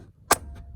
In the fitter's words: and it pops into place.